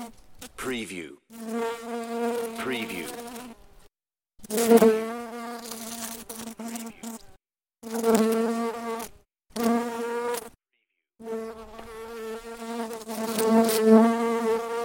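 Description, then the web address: Bumblebee buzzing, low droning hums in several bursts separated by brief silences, swelling and fading. "lynne-publishing Bumble Bee Buzzing"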